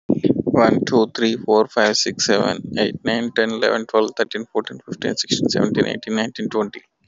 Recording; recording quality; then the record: counting at a fast pace; excellent, no background noise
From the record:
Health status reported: COVID-19 positive, no symptoms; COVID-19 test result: positive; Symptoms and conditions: cough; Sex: male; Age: 30 years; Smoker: not ticked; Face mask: not worn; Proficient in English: yes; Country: India